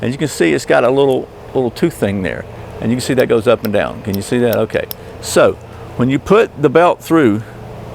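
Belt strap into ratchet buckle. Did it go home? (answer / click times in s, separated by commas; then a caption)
no / none. Someone talks while handling a Trakline leather gun belt and its ratchet buckle, moving the buckle's small tooth up and down. The leather strap is about to be fed through the buckle, but nothing has seated or clicked yet.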